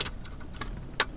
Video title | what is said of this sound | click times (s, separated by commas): BMW e46 Navigation Install - AVANT 4 | Wilson it will click click in like that and now the radio is | 1.0 s